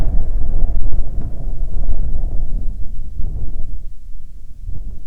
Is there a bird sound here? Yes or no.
no